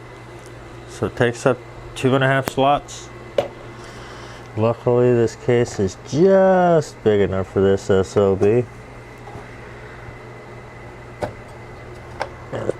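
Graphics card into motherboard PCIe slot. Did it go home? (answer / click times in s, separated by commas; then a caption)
yes / 12.2 s, 12.7 s. A two-and-a-half-slot graphics card is pressed into the motherboard's PCIe slot while someone talks over a steady low hum. After the talking stops, the slot's retention latch clicks at about 12.2 s and again at 12.7 s, and the card is seated.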